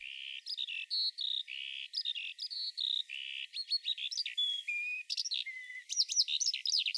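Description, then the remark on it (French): A lark sings a long, continuous stream of varied high chirps, trills and whistled notes, rapid and unbroken, with no voices present. “Alors ça, c'est un extrait de chant d'alouette.”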